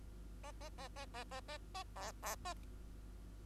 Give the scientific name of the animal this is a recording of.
Lonchura striata domestica